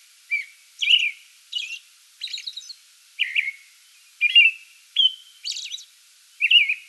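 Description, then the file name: American robin song with mellow whistled phrases interspersed with high, squeaky, buzzy notes, delivered at a steady pace. Song bout, 8 May 2022. "2022-05-08 American Robin song bout"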